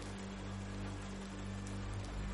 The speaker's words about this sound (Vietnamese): Minh Khánh lựa chọn gõ cửa, bởi vì thời điểm này mưa đã trở nên rất lớn. Cho dù gã quan có hét lên, cũng chưa chắc đám lính đã nghe thấy.